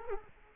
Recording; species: mosquito wingbeat signal from an infrared sensor; Culex quinquefasciatus